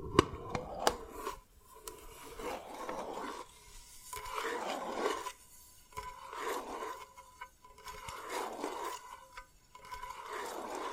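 Dalgona candy being scraped and tapped in slow, regular rasping strokes about every two seconds, with sharp clicks and small cracks between them.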